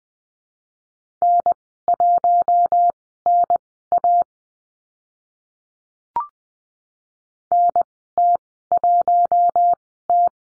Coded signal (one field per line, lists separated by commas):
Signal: Morse code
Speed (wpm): 20 wpm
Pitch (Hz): 700 Hz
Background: none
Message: N1NA NT1T